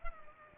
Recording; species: mosquito wingbeat signal from an infrared sensor; Culex pipiens